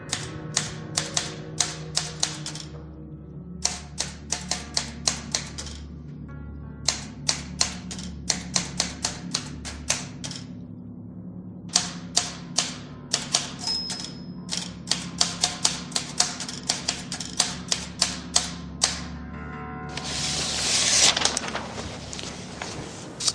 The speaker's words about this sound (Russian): Для этого он последовательно набирал на каждой пишущей машинке института один и тот же, изрядно надоевший ему текст.